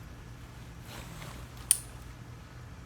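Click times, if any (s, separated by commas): 1.7 s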